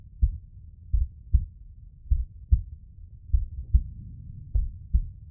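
A calm, slow, steady heartbeat of about 50 beats per minute, each beat a pair of deep, low-pitched thuds.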